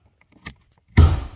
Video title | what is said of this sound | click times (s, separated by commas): "Mastering Access: The Proper Procedure for Opening the Hood | you hear it click | 1.0 s